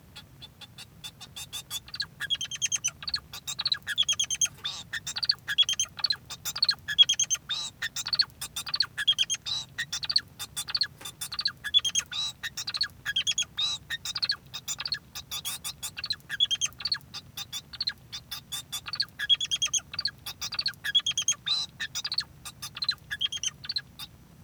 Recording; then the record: song of a male Bengalese finch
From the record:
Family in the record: son of father 2